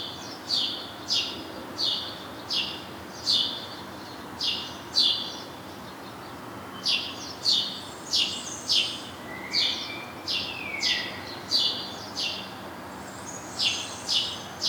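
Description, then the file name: House sparrow chirps, short harsh notes repeated about every half second in loose runs, with a lower sliding call near ten seconds over steady background hiss. "Passer domesticus"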